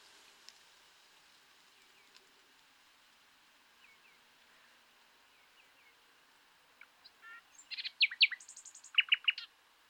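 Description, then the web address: Common nightingale song: soft scattered notes, then a loud, varied phrase of sharp chirps, a high buzzy trill and quick repeated notes near the end. "SETE data Luscinia megarhynchos"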